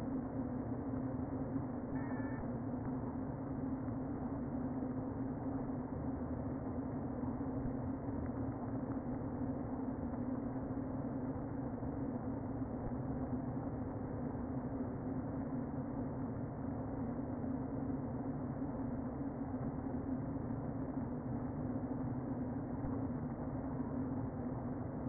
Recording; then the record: honeybee colony, microphone inside the hive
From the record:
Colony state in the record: queen present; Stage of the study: before two queens were removed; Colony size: about 60,000 bees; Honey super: yes